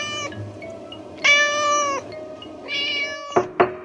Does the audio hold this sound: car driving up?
no